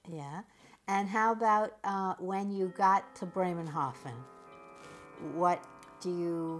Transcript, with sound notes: Yeah. And how about when you got (Chimes in background) to Bremerhaven, what do you?